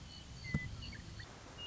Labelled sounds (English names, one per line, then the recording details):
Western Meadowlark
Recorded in Sonoma County, California